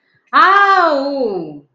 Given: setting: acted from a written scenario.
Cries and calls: vocal sound without words; ecstasy

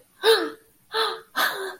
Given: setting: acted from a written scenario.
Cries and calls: vocal sound without words; negative surprise

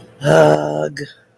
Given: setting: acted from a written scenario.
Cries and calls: vocal sound without words; embarrassment

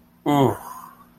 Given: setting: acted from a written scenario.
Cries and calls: vocal sound without words; embarrassment

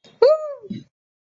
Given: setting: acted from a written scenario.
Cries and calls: vocal sound without words; elation

